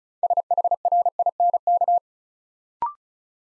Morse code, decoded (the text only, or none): SHRINK